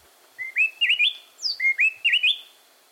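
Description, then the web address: Gray-breasted wood wren pair duetting: two quick phrases of clear, rising and falling whistled notes, the second phrase closely repeating the first. Mated pair singing an antiphonal duet, each bird a different phrase, in southern Mexico; pairs use song to stake out and hold breeding territories. "Birdnote. Wood Wrens A Tropical Duet"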